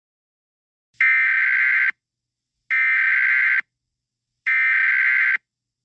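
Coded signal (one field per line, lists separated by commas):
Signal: Emergency Alert System (SAME) tones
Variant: header bursts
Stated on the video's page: Fictional EAS scenario; tones are part of a made-up alert, not a real broadcast.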